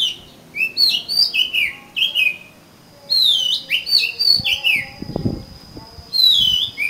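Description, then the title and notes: Oriental magpie-robin song, loud varied whistled phrases with slurred rising and falling notes between pauses, a steady high tone running beneath, and some low knocking near the end. "suara kacer. kumpulan suara burung kacer"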